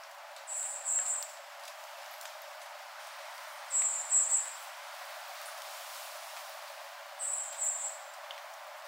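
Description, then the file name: Varied tit calls: thin, very high clusters of two or three quick notes, repeated about every three seconds over a quiet hiss. Orii's varied tit subspecies (local name oriiyamagara); recorded on Ishigaki on 3 January 2023. "oriiyamagara ishigaki someyac"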